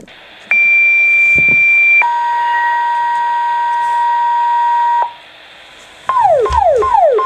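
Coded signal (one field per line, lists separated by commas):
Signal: two-tone page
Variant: fire department pager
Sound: a high steady tone, then a longer lower tone, then repeated falling chirp beeps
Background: radio static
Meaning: Tone sequence activates fire pagers ahead of a voice dispatch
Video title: Fire pager going off!!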